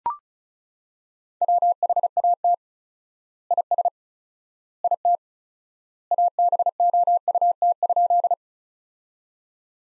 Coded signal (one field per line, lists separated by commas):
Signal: Morse code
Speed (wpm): 36 wpm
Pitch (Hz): 700 Hz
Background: none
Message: WHAT IS IT ABOUT?